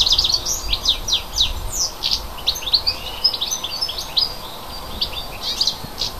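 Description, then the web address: Bird song in a fast, dense stream of sharp twittering notes and short slurred chirps, almost continuous throughout with little pause. A native bird. "hecke vogel februar"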